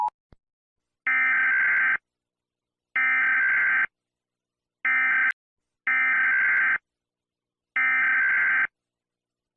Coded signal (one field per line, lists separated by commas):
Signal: Emergency Alert System (SAME) tones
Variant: header bursts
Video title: EAS Scenario - The Deadly Big One